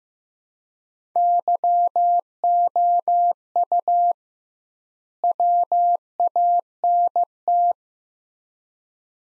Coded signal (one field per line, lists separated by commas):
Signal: Morse code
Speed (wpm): 15 wpm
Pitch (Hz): 700 Hz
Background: none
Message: YOU WANT